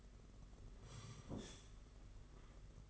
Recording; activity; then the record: daily activity, microphone in the room; sit down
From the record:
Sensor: 4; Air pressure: 992.4 hPa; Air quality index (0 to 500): 118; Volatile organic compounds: 27 ppm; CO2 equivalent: 2890 ppm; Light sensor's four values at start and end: 20/72/26/28 and 20/72/26/28